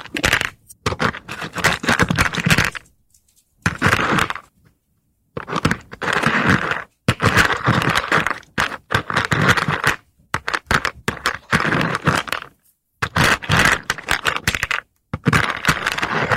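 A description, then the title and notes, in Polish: Wood being scraped and rubbed in rough, grainy bursts, each lasting one to two seconds, separated by short silences. The strokes come at an uneven pace, crackling and scratchy with a bright hiss, and some bursts break into quick taps. ZAŚNIJ PRZY DŹWIĘKACH DREWNA! ASMR po polsku.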